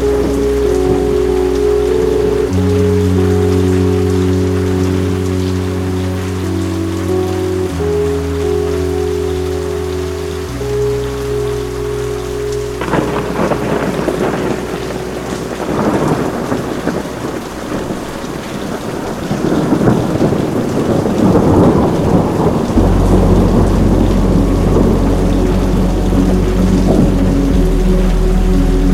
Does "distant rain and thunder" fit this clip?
yes